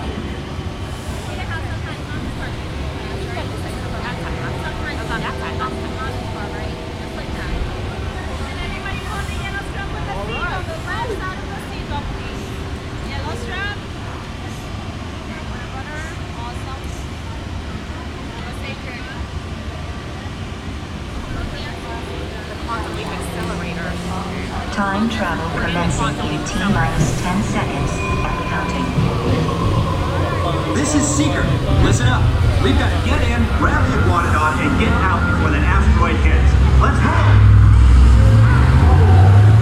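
A walk through Animal Kingdom with a steady wash of crowd chatter and overlapping voices throughout. Footsteps and scattered clatter mix in, and a low rumble like a passing vehicle builds and grows louder over the last fifteen seconds.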